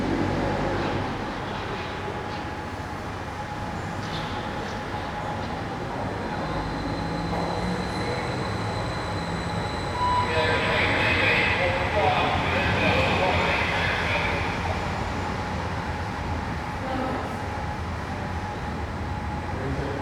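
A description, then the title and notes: A quiet, mostly empty train station ticket hall with a steady low rumble of rail traffic filling the space. A thin constant tone hums throughout, and around ten to fifteen seconds a brighter swell of movement and faint voices rises before settling back. Train station ticket office. A ticket office of a train station, which is mostly deserted, with only a few travellers.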